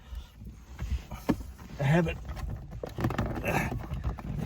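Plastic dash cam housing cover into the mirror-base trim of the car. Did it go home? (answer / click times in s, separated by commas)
no / none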